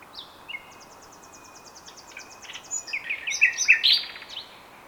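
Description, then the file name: Common nightingale singing a quiet series of high ticking notes that builds into louder, varied chattering phrases toward the end. "Luscinia megarhynchos"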